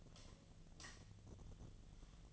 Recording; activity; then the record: daily activity, microphone in the room; light off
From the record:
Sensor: 4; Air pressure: 1010.7 hPa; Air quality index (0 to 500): 174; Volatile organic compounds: 5 ppm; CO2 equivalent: 1765 ppm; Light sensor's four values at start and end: 37/107/42/43 and 36/105/42/42